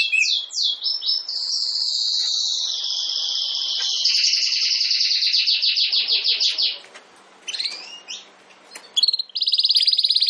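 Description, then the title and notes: Domestic canary song: a few descending slurs, then a long rapid rolling trill, a brief pause with soft notes, then a renewed high pulsed trill. Belgian canary singing, Campainha song style. "Canário Belga Campainha Canary Singing. Canario Belga Cantando"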